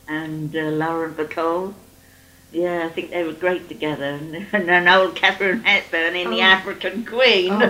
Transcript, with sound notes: And eh, Lauren Bacall. Yeah. I think they were great together and then, [laughs] old Katharine Hepburn in The African Queen.